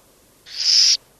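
Burrowing owl giving a single harsh, breathy hiss lasting about half a second, then silence.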